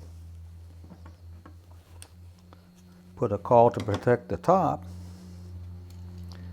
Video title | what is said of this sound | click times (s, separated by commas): Tricks for gluing loose braces | get the call in there it'll snap into place | 2.0 s